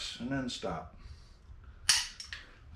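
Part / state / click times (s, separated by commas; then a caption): click-type torque wrench on an engine block bolt / torque reached / 1.9 s. A click-type torque wrench is pulled steadily on a bolt in an engine block during assembly of a small-block Chevy 380 cubic inch engine, while the camshaft and crankshaft are being installed. Someone talks, then a single sharp metallic click rings out at 1.9 s, followed by a couple of fainter ticks. The wrench clicks at its set torque, confirming the bolt is tightened.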